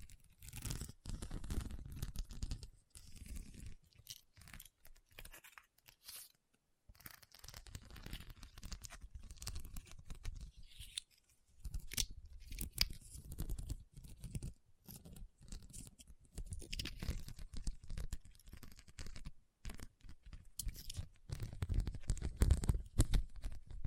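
Rhinestones are tapped and scratched in quick, dense bursts of crisp, gritty clicks and rasps, stopping and starting throughout. Brief silences fall around 6–7 seconds and 11–12 seconds, and the scratching thickens and grows heavier near the end.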